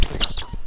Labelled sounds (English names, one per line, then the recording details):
Stitchbird song
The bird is a male
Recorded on Tiritiri Matangi Island, New Zealand, in 2005
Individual 22, of nest box 31